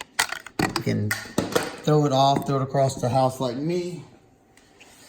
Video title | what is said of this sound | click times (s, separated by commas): Quiet Carry - Current (Fixed Blade) in LC200N 🤘🏻 | you got your nice little thumb ramp right here you get that nice positive click and | 0.2 s